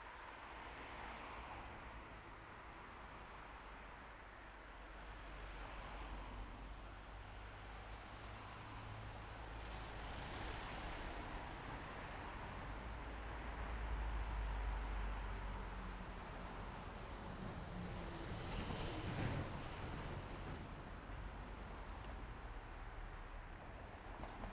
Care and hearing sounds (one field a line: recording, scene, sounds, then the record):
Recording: everyday scene through a hearing-aid microphone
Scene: in traffic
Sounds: traffic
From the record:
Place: main road on the outskirts, rush hour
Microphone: behind the ear, left, front